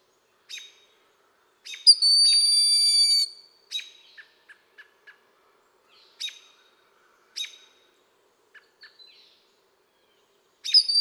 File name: Blue Jay